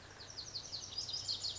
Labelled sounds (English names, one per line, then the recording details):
Lazuli Bunting
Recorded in Sonoma County, California